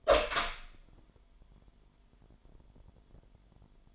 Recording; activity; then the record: daily activity, microphone in the room; open door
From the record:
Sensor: 5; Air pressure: 998.5 hPa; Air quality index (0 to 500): 81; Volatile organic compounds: 1 ppm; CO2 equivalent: 925 ppm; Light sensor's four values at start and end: 34/81/34/37 and 33/81/34/37